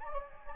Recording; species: mosquito wingbeat signal from an infrared sensor; Anopheles gambiae